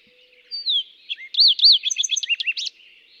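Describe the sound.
Fox sparrow song: a clear descending whistle, then a rich run of slurred, looping notes rising and falling over about one and a half seconds.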